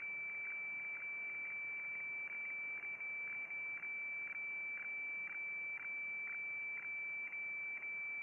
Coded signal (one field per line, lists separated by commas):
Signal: weather fax (radiofax)